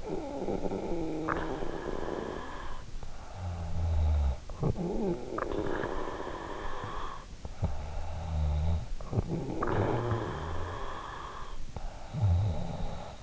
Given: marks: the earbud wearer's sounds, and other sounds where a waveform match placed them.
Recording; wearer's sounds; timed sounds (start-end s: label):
sounds in sleep by an in-ear microphone; snoring breath
0.00-4.77 s: snoring breath
4.84-13.23 s: snoring breath